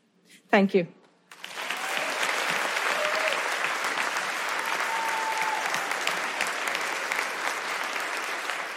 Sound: applause